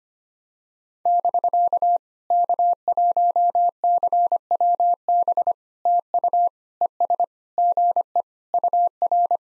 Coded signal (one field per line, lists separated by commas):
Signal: Morse code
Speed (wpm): 25 wpm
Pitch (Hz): 700 Hz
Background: none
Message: <BK> K1CWB TU ES GE UR